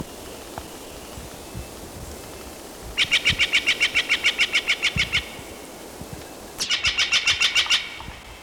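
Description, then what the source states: Steller's Jay calls in two bursts, first a long rapid series of harsh rasping notes, then a shorter run after a pause. Group number one calling; June 24, 1997, southeast slope of Raw Cat Mountain, 3,900 feet, 7.5 miles north and 15.5 miles east of Prineville, Ochoco Mountains, Crook County, Oregon.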